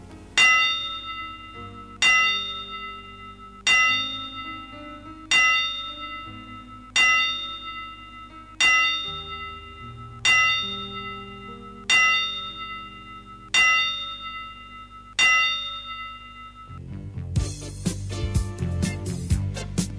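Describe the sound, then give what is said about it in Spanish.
Ten evenly spaced bell strokes toll one after another in tribute to a young boxer who died, each bright ring fading before the next, followed by a burst of music at the end. “10 campanadas para él, en nombre de Boxeo Planeta, y que en paz descanse”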